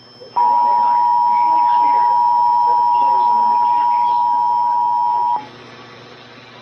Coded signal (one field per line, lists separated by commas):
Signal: Emergency Alert System (SAME) tones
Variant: 853 and 960 Hz attention tone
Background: speech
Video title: KIH35 Just dies... EAS Alerts from 6/22/22